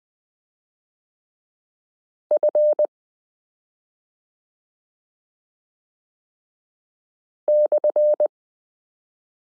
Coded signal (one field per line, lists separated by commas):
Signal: Morse code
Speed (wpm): 20 wpm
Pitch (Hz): 600 Hz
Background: none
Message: F /